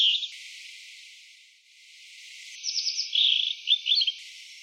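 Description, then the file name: Blue-and-white flycatcher singing a brisk run of high chirps and slurred whistles in the second half, after a brief note at the start and a quiet hissy stretch. "sikatanbiruputih omkicau"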